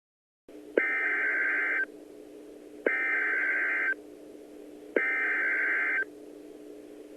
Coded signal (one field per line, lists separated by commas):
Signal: Emergency Alert System (SAME) tones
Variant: header bursts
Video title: An EAS timeline of the 5/24/11 Oklahoma City tornado